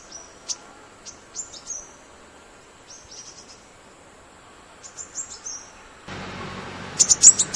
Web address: yellow rumped sun bird call